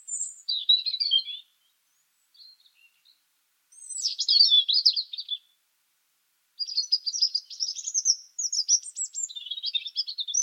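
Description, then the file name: European robin delivering varied high warbled phrases, mixing fast twittering notes and thin whistles, broken by short pauses. "Erithacus rubecula"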